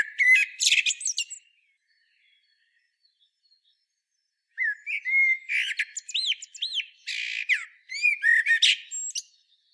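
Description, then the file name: Common blackbird song: a short burst of high squeaky twitters, a pause of about three seconds, then a longer run of low fluted notes mixed with high squeaky twitters. "Turdus merula"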